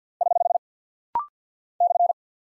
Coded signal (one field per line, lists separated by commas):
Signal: Morse code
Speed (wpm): 50 wpm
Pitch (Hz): 700 Hz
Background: none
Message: <HH> /